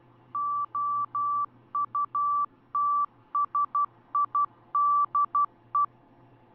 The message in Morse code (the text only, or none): OUTSIDE